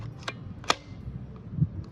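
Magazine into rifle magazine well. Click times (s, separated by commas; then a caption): 0.7 s. A 30-round rifle magazine, possibly a replica or airsoft model for a school project, is pushed into a rifle's magazine well. A few sharp hits sound around 0.2–0.3 s, followed by the loudest, crisp click at 0.7 s, and a soft low thump near 1.6 s. The magazine seats with that click at 0.7 s.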